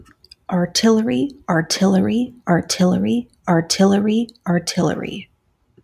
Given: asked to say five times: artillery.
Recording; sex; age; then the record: repeated word; female; 30 to 39 years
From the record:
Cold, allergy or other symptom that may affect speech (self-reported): no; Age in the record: 35 years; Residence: Washington, United States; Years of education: 16